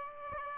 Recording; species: mosquito wingbeat signal from an infrared sensor; Aedes aegypti